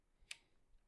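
A plastic string-tension insert, minus side facing up and lined up with the grommets, is pressed into a tennis racket frame. A single sharp snap is heard at 0.3 s as it seats in the grommet. It will not hold on its own.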